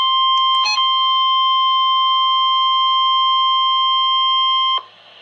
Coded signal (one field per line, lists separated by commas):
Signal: Emergency Alert System (SAME) tones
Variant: 1050 Hz attention tone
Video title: NOAA Weather Radio EAS #267: Severe Thunderstorm Warning